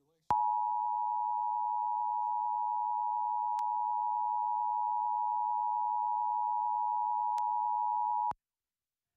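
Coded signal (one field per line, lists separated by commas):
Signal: Emergency Alert System (SAME) tones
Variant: 853 and 960 Hz attention tone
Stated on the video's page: Tornado drill alerts received in Virginia.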